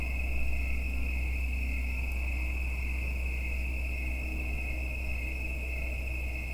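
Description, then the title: Insects making a constant high-pitched trilling drone that never pauses, with a low steady rumble below. Mating calls of insects calling in the evening in late summer into autumn, United States; the insects will not be alive in a week or two. "Autumn insects on Watts Ranch"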